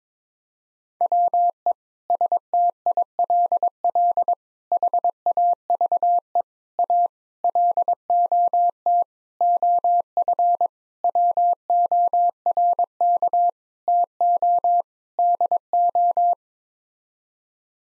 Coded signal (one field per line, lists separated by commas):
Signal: Morse code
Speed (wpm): 22 wpm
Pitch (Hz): 700 Hz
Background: none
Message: WE STILL HAVE A LOT OF WORK TO DO